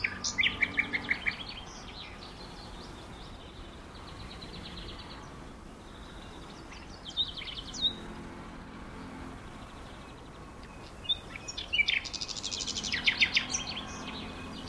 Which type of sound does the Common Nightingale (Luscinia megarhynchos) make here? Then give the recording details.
song. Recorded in the wild. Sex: male. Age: adult. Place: Berlin, OT Blankenfelde, Tegeler Fließ, Berlin, DE. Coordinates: 52.6253, 13.3928. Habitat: grove. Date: 1988-04-30 11:07. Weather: sunny, 16-20°C. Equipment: Nagra SN, Kopie Tesla B 116. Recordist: Tembrock, Günter